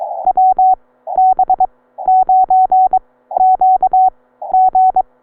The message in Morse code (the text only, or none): WB9QG